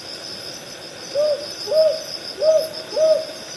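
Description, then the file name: Northern boobook calling two quick pairs of soft, level hoots after a short quiet start, insects humming steadily in the background. "aobazuku"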